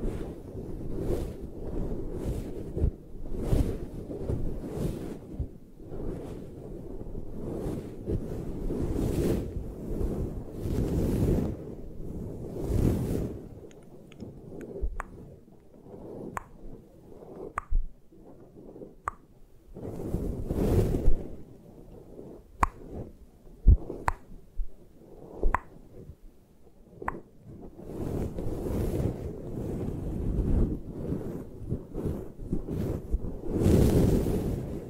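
Dense, irregular tapping and scratching against the microphone with muffled low thumps, thinning out mid-way with sparse sharp taps, then busy again near the end.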